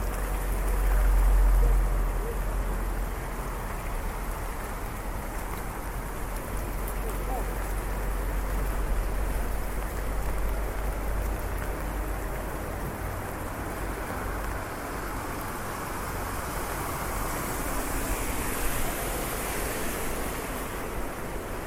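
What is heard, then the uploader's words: Rain falls steadily on a street while someone walks through it, a dense hiss spread evenly from low to high. A deep rumble, likely passing traffic, swells near the start around two seconds, and the wash brightens slightly toward the end. Walking in the rain streets of Switzerland with a very high-definition binaural microphone.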